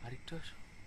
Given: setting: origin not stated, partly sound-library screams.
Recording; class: one-second piece from a danger detection set; normal situation